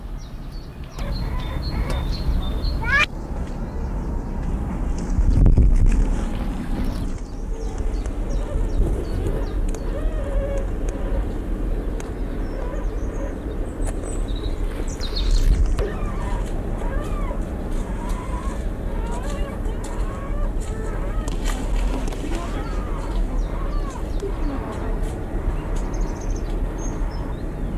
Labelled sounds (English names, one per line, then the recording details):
Corsac Fox call
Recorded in captivity
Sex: diverse
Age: diverse
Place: Zoo Halle, Sachsen-Anhalt, DE
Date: 1991-04-06
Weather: sunny, 4-13 °C
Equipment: Marantz, Sennheiser ME 80, Kopie Tesla B 116
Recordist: Tembrock, Günter